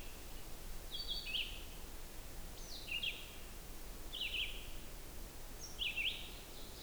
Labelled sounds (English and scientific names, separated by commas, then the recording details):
Red-eyed Vireo (Vireo olivaceus) song
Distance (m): 45 m
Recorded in boreal forest in Alberta, Canada, on 16 June 2016 at 08:47
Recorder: SongMeter 3, array SBT-3-32
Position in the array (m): 47 m, 13 m